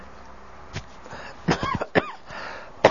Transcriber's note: he coughs